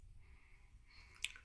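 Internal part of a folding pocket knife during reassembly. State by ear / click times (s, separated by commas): not seated / none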